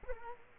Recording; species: mosquito wingbeat signal from an infrared sensor; Culex quinquefasciatus